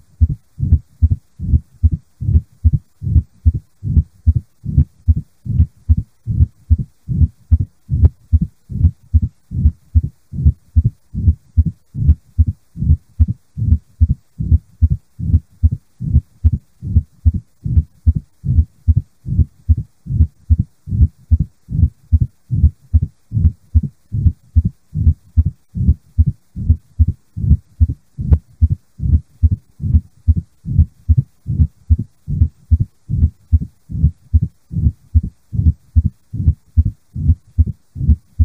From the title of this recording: Cardiac Auscultation